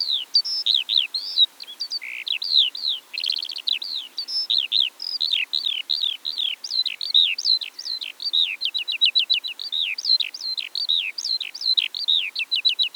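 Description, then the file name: Eurasian skylark song pouring out as rapid, varied chirps and short trills, a restless high-pitched flow that never stops throughout. From Eastern Europe. "Stimmen der Natur aus Osteuropa - Feldlerche"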